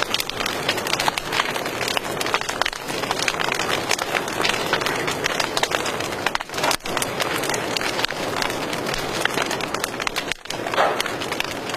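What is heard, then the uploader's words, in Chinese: A campfire crackles densely and steadily, with sharp pops scattered throughout and brief quieter gaps near seven and ten seconds. 大自然的声音：营地篝火。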